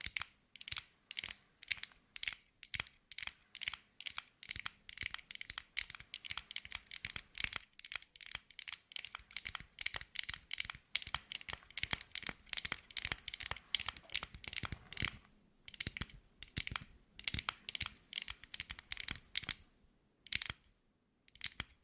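Rapid, irregular tapping with sharp bright clicks in dense bursts, a crinkly papery edge to some hits, and brief pauses near the end.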